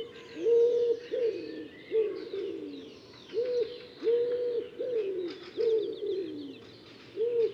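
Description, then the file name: Common wood pigeon cooing, soft hollow hoots repeated in short rhythmic phrases, with other small birds singing and chirping faintly in the background. "Ringdue"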